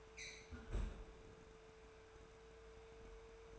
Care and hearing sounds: daily activity, microphone in the room; close fridge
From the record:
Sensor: 2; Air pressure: 1014.8 hPa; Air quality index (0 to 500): 195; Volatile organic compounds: 17 ppm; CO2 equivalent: 2582 ppm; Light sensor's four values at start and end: 26/65/28/31 and 26/65/28/31

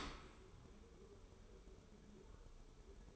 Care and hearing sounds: daily activity, microphone in the room; open dishwasher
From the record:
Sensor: 1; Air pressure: 1015.0 hPa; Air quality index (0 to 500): 25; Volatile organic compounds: 0 ppm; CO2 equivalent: 504 ppm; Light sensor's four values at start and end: 13/30/12/13 and 13/30/12/13

